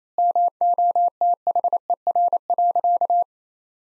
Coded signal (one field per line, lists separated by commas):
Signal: Morse code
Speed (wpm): 27 wpm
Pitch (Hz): 700 Hz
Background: none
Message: MOTHER.